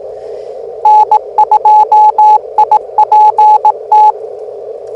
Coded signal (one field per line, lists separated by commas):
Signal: Morse code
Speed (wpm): 18 wpm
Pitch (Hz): 850 Hz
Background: radio noise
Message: N2IPT